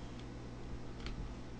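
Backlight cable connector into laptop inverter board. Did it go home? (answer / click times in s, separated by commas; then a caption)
yes / 1.1 s. A small backlight cable connector is pushed into the high voltage inverter board of a laptop screen. A little snap is heard at 1.1 s as it pops in and seats. The rest of the clip is a steady low hum.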